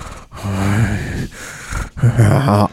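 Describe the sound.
A voice imitates the heavy panting of being breathless and unable to speak on a night-time phone call: about four loud, strained breaths, partly voiced and gasping, coming in quick succession with short pauses between them. No words are spoken.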